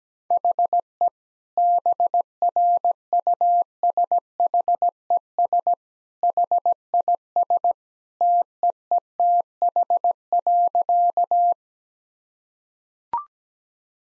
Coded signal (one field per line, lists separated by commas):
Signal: Morse code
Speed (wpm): 17 wpm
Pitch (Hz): 700 Hz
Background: none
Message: HE BRUSHES HIS TEETH.